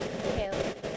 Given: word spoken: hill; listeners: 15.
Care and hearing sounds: one English word in noise, from a listening test; noise modulated by three-talker babble; -4.2 dB; 4 of 15; 6 of 15; 0.57 s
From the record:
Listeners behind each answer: 6, 4, 2, 1, 1, 1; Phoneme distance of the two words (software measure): 10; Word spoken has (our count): 1 syllable, 3 phonemes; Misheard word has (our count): 1 syllable, 3 phonemes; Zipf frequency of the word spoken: 4.71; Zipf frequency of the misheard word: 4.91

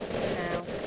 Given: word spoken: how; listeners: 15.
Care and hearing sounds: one English word in noise, from a listening test; noise modulated by three-talker babble; -5.6 dB; 1 of 15; 9 of 15; 0.47 s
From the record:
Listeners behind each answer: 9, 2, 2, 1, 1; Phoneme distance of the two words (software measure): 10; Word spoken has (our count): 1 syllable, 2 phonemes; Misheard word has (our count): 1 syllable, 2 phonemes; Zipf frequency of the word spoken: 6.33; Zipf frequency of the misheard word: 6.44

